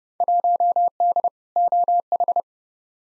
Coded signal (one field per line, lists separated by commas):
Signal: Morse code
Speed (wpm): 32 wpm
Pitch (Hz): 700 Hz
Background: none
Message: 1D OH